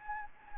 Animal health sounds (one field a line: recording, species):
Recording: mosquito wingbeat signal from an infrared sensor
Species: Anopheles gambiae